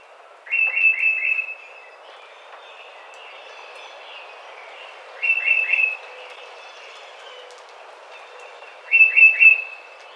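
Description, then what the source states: Tufted titmouse singing a clear whistled phrase of about four quick downslurred notes, repeated three times. Recorded 30 April 2009.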